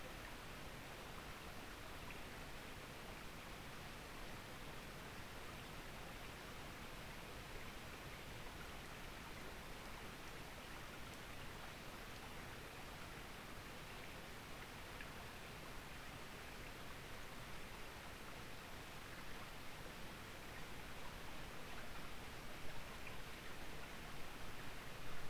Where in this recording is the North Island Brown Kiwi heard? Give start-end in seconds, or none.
none